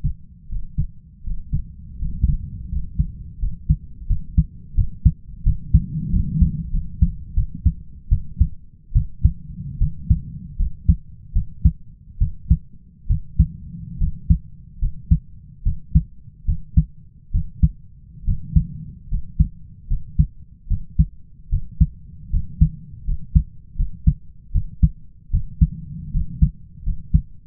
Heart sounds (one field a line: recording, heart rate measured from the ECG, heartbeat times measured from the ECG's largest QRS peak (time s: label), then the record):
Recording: heart sounds by stethoscope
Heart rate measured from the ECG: 77 bpm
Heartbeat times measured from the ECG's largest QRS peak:
0.48 s: heartbeat
1.23 s: heartbeat
1.98 s: heartbeat
2.69 s: heartbeat
3.39 s: heartbeat
4.07 s: heartbeat
4.75 s: heartbeat
5.43 s: heartbeat
6.10 s: heartbeat
6.71 s: heartbeat
7.34 s: heartbeat
8.09 s: heartbeat
8.93 s: heartbeat
9.78 s: heartbeat
10.57 s: heartbeat
11.33 s: heartbeat
12.19 s: heartbeat
13.07 s: heartbeat
13.98 s: heartbeat
14.79 s: heartbeat
15.63 s: heartbeat
16.45 s: heartbeat
17.32 s: heartbeat
18.25 s: heartbeat
19.09 s: heartbeat
19.88 s: heartbeat
20.68 s: heartbeat
21.49 s: heartbeat
22.30 s: heartbeat
23.05 s: heartbeat
23.76 s: heartbeat
24.52 s: heartbeat
25.31 s: heartbeat
26.11 s: heartbeat
26.83 s: heartbeat
From the record:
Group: healthy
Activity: breath hold 0-2 s, rest 2-28 s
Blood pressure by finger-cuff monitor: 114/67 mmHg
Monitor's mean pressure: 77 mmHg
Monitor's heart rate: 76 bpm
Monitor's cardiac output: 5.6 L/min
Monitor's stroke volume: 74 mL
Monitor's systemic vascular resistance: 1040 dyn s/cm5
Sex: male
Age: 20 years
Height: 167 cm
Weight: 61 kg